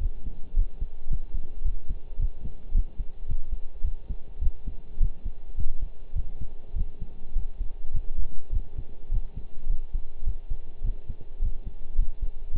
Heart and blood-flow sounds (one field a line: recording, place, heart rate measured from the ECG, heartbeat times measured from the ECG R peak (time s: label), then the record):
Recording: heart sounds by stethoscope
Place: between the tricuspid and mitral areas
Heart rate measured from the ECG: 105 bpm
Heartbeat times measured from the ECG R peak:
0.00 s: heartbeat
0.56 s: heartbeat
1.10 s: heartbeat
1.65 s: heartbeat
2.19 s: heartbeat
2.74 s: heartbeat
3.29 s: heartbeat
3.84 s: heartbeat
4.41 s: heartbeat
5.00 s: heartbeat
5.57 s: heartbeat
6.15 s: heartbeat
6.76 s: heartbeat
7.36 s: heartbeat
7.94 s: heartbeat
8.53 s: heartbeat
9.11 s: heartbeat
9.69 s: heartbeat
10.26 s: heartbeat
10.84 s: heartbeat
11.41 s: heartbeat
11.98 s: heartbeat
12.54 s: heartbeat
From the record:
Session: pedaling a stationary bicycle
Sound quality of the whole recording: partially saturated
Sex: male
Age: 23 years